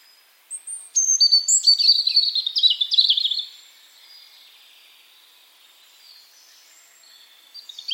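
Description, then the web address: European robin warbling a rapid, twittering phrase of high trills and slides, then a long quiet stretch before a new phrase starts at the end. "Deverinetal 2025 File origin Bird Only Er Ru"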